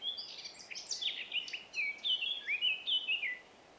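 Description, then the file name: Eurasian blackcap song: a busy, chattering warble that turns into clear, ringing whistled notes and ends abruptly, leaving quiet hiss. "Sylvia atricapilla"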